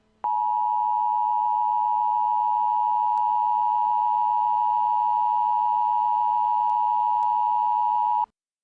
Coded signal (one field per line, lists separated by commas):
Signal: Emergency Alert System (SAME) tones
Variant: 853 and 960 Hz attention tone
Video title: EAS Scenario | Full Scale Containment Breach